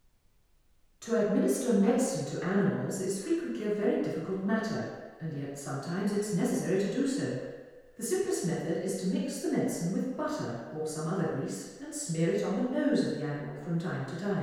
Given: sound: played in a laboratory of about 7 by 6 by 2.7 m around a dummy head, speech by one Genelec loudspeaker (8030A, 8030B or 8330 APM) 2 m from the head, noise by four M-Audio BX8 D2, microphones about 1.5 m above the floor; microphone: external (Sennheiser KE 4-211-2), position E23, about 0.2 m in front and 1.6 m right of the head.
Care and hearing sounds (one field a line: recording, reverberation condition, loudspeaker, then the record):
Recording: female speech in English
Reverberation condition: high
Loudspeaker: 120 degrees to the left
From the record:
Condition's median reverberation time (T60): about 1300 ms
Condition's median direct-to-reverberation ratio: about -4.0 dB